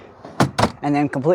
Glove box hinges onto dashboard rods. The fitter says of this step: push in until they both click,